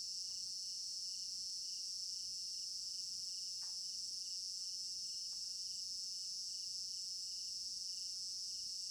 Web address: African-Village Garden Night Crickets Stereo-Binaural. immersive sound library